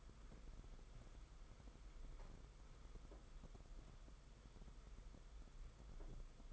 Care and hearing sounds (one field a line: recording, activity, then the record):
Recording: daily activity, microphone in the room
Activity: walk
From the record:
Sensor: 5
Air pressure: 990.8 hPa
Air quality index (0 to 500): 147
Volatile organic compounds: 142 ppm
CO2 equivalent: 3986 ppm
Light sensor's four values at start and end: 42/130/50/53 and 42/130/50/53